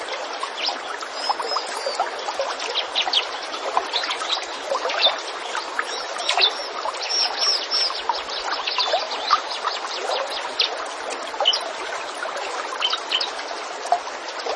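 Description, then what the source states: Zebra finches chattering: a dense, continuous mass of overlapping squeaky chirps and nasal notes from several birds, without pause. Master recording used to train a bird, with lively, actively singing finches.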